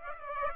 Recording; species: mosquito wingbeat signal from an infrared sensor; Aedes aegypti